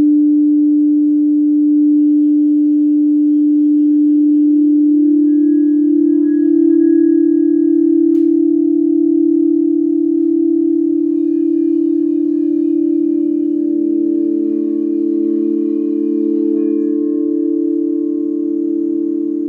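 Sound bath tones hum steadily, a low sustained drone joined past the midpoint by a second lower tone, with a brief tap near eight seconds.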